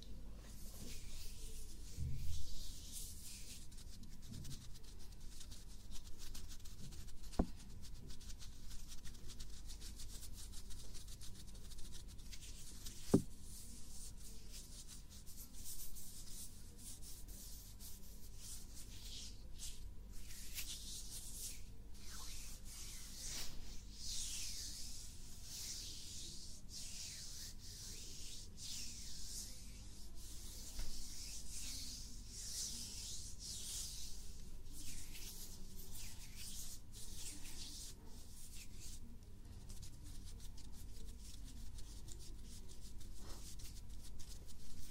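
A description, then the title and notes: Soft brushing and rubbing sounds against the ear run continuously, with a bright, airy hiss that swells and fades in slow strokes. A few sharp taps stand out near 7 and 13 seconds, and a low thump comes early on. Ear brushing. Ear tapping. Ear touching.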